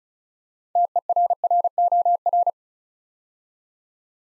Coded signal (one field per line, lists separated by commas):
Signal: Morse code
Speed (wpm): 36 wpm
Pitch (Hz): 700 Hz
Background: none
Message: TERROR